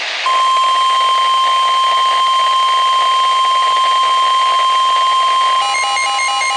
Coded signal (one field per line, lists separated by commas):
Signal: Emergency Alert System (SAME) tones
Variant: 1050 Hz attention tone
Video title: MLB HWW on KIH26!! | EAS #128